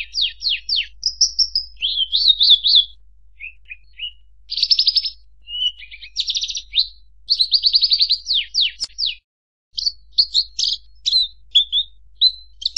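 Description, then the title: Horsfield's bush lark song, a rapid varied medley of high buzzy trills, sharp downslurred notes and chirps, almost continuous with a brief silent break near nine seconds. Master recording for training birds; bird in lively full song (gacor), one hour nonstop. "SUARA MASTERAN BURUNG BRANJANGAN GACOR"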